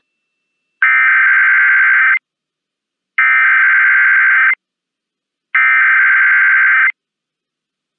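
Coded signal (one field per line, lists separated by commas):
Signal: Emergency Alert System (SAME) tones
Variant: header bursts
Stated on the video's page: EAS tornado warning for Lafayette, Louisiana during Hurricane Laura, from NOAA Weather Radio.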